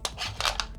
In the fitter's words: Just simply place on top, turn till you hear a click. Now you know it's on.